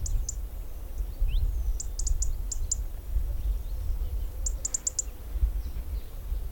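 White-throated robin calls: very high, sharp ticking notes in short quick clusters, near the start, around two seconds and again near five seconds, over constant low rumbling noise.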